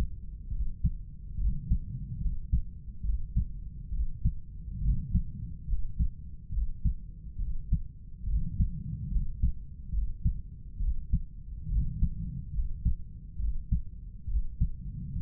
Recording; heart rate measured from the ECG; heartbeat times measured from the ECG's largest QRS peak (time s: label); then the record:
heart sounds by stethoscope; 70 bpm
0.52 s: heartbeat
1.39 s: heartbeat
2.22 s: heartbeat
3.05 s: heartbeat
3.93 s: heartbeat
4.83 s: heartbeat
5.69 s: heartbeat
6.53 s: heartbeat
7.40 s: heartbeat
8.28 s: heartbeat
9.12 s: heartbeat
9.93 s: heartbeat
10.81 s: heartbeat
11.70 s: heartbeat
12.55 s: heartbeat
13.40 s: heartbeat
14.29 s: heartbeat
15.17 s: heartbeat
From the record:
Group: healthy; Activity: rest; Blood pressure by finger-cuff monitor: 135/90 mmHg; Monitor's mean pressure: 103 mmHg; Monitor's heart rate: 70 bpm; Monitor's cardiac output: 7.2 L/min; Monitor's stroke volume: 103 mL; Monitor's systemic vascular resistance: 1060 dyn s/cm5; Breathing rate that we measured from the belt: 18 breaths a minute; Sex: male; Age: 30 years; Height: 188 cm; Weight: 110.2 kg